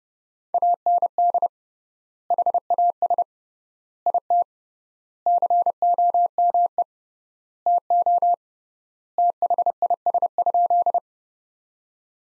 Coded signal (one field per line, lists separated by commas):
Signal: Morse code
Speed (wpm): 30 wpm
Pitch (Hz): 700 Hz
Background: none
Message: AND HAS IT COME TO THIS?